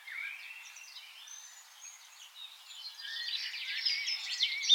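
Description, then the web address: Eurasian blackcap producing a soft, rambling warble that swells in the second half into louder rapid scratchy phrases. "SETE data Sylvia atricapilla"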